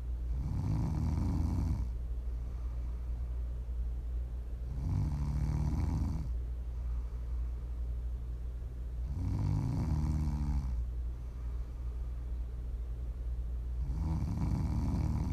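Four rumbling, rattling snores from an adult, coming about every four and a half seconds, roughly 13 a minute, during sleep, as ASMR snoring.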